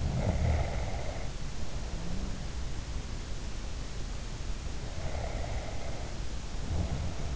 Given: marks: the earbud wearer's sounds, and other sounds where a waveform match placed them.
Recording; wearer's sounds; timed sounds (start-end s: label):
sounds in sleep by an in-ear microphone; snoring breath
0.05-2.63 s: snoring breath
4.96-7.35 s: snoring breath